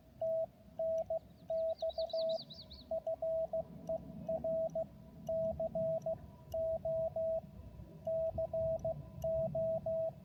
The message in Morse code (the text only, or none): TNX FER CO CO